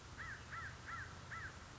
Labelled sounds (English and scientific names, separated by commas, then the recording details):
American Crow (Corvus brachyrhynchos)
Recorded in Sonoma County, California